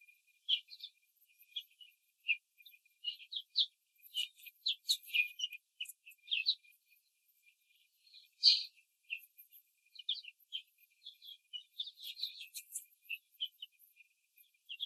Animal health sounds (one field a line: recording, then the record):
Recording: young laying hens in a cage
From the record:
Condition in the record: control cage, before the stress test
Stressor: none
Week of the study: 4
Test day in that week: 3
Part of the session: 3